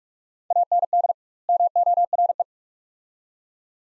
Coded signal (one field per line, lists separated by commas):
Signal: Morse code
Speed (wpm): 46 wpm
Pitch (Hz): 700 Hz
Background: none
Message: AND MORE